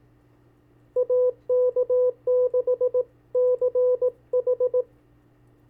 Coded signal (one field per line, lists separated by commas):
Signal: Morse code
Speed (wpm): 18 wpm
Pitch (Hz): 500 Hz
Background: none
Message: AK6CH